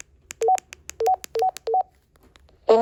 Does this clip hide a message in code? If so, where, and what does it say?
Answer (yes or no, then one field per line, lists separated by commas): no